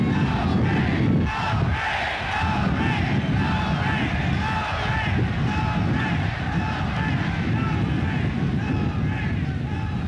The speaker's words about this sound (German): Unten skandierten die Leute auf Geheiß dieses betrunkenen Engländers, komme jetzt nicht auf seinen Namen, mit so scheußlichen Koteletten. Jedenfalls hatte er von uns die entsprechenden Instruktionen bekommen. Er zettelte diesen Sprechchor an.